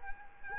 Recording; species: mosquito wingbeat signal from an infrared sensor; Culex quinquefasciatus